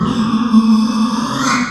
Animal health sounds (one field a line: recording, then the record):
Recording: squeal of a Yucatan mini pig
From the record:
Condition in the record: after surgery on the right vocal fold (resection and tissue-engineered implant)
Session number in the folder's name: 14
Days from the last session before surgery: 133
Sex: female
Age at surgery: 19 weeks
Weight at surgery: 25 kg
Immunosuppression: prednisolone